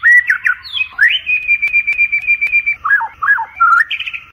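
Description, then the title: White-rumped shama song: varied whistled phrases with a long steady sustained note in the middle, followed by looping downslurred notes and a final rising flourish. Murai batu tutor recording used for training cage birds. "MASTERAN MURAI BATU LABAIK"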